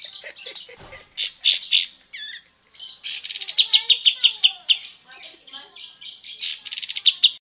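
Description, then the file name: Bulbul song of dense, high chattering notes with quick ticking runs and buzzy bursts, pausing briefly before resuming an energetic, rapidly repeated twittering. Lure recording used to attract birds. "suara pancingan kapas tembak"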